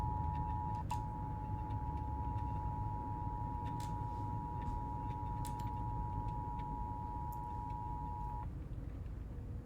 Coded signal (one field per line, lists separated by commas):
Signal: Emergency Alert System (SAME) tones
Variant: 853 and 960 Hz attention tone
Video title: Reacting To Rare and Disturbing EAS Alerts Explained